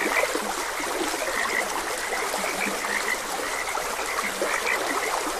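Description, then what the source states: Frogs call with quick bright notes and an occasional deep croak, repeated irregularly over a continuous stream. Frogs croaking beside a gentle stream.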